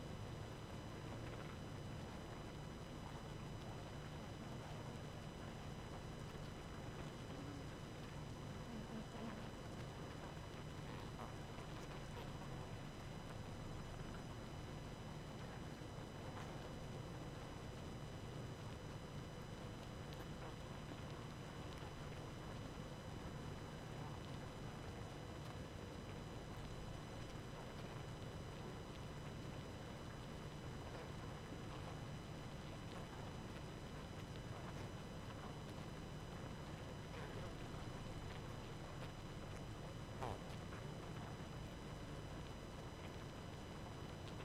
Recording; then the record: honeybee colony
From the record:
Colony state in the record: active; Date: 12 June 2018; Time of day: 23:29